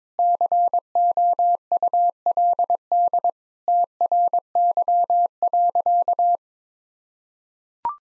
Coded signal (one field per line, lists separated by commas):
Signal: Morse code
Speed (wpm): 22 wpm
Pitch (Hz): 700 Hz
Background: none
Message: COULD TRY.